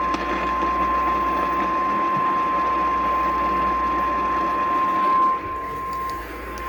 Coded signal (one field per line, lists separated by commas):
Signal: Emergency Alert System (SAME) tones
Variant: 1050 Hz attention tone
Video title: STORMING AND TESTING - EAS Alerts from 08/03/2022-08/04/2022 (EAS #654-664)